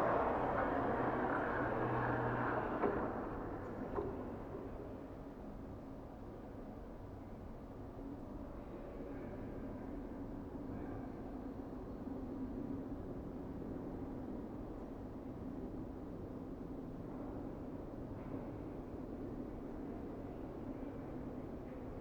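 A wander through Kanazawa passes a steady low rumble of traffic or a passing vehicle. The first three seconds are louder and brighter, with a rushing sound that fades, leaving an even hum with a faint midrange drone for the rest.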